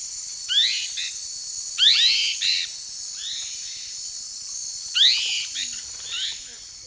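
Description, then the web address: Lesser kiskadee uttering several scratchy, upslurred buzzy phrases at irregular intervals against a continuous high-pitched insect chorus. Recorded in the eastern lowlands of South America. "Nature Songs S America Eastern Lowlands. Lesser Kiskadee"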